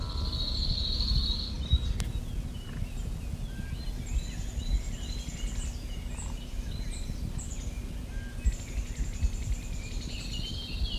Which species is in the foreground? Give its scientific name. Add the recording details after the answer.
Emberiza cirlus. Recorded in the wild. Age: adult. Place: Görz, IT. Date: 1968-06-02. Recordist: Brunner, Thomas. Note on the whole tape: Aufnahme: Nähe von Görz, Italien